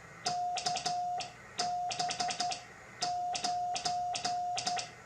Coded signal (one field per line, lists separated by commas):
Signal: Morse code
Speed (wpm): 13 wpm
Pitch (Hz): 720 Hz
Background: none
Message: KB9